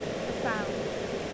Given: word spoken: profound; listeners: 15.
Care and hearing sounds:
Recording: one English word in noise, from a listening test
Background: speech-shaped noise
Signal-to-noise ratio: -5.1 dB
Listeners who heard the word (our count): 3 of 15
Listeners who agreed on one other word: 11 of 15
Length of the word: 0.93 s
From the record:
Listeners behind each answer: 11, 3, 1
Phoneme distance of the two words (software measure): 21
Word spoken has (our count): 2 syllables, 7 phonemes, stress on syllable 2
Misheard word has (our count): 1 syllable, 4 phonemes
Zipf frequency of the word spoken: 3.90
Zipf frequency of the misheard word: 5.58

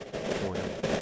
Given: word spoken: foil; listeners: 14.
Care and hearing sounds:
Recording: one English word in noise, from a listening test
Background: noise modulated by three-talker babble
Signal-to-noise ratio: -4.5 dB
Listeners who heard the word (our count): 1 of 14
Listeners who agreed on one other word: 6 of 14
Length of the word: 0.61 s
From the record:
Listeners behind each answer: 6, 2, 1, 1, 1, 1, 1, 1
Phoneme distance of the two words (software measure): 27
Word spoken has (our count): 1 syllable, 3 phonemes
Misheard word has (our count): 1 syllable, 4 phonemes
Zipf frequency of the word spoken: 3.69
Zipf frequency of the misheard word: 5.60

